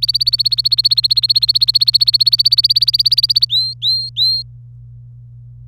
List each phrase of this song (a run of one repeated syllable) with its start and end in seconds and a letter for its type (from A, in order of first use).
0.00-3.45 A, 3.49-4.43 B